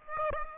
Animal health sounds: mosquito wingbeat signal from an infrared sensor; Aedes aegypti

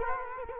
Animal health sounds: mosquito wingbeat signal from an infrared sensor; Culex quinquefasciatus

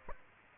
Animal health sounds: mosquito wingbeat signal from an infrared sensor; Aedes aegypti

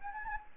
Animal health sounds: mosquito wingbeat signal from an infrared sensor; Anopheles gambiae

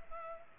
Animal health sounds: mosquito wingbeat signal from an infrared sensor; Culex pipiens

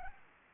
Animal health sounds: mosquito wingbeat signal from an infrared sensor; Anopheles arabiensis

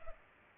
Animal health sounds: mosquito wingbeat signal from an infrared sensor; Culex pipiens

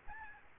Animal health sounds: mosquito wingbeat signal from an infrared sensor; Aedes albopictus

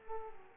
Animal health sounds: mosquito wingbeat signal from an infrared sensor; Culex pipiens

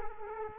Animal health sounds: mosquito wingbeat signal from an infrared sensor; Culex quinquefasciatus

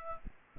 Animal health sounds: mosquito wingbeat signal from an infrared sensor; Aedes aegypti

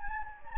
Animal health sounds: mosquito wingbeat signal from an infrared sensor; Anopheles gambiae

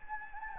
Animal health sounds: mosquito wingbeat signal from an infrared sensor; Anopheles gambiae

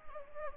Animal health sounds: mosquito wingbeat signal from an infrared sensor; Anopheles arabiensis

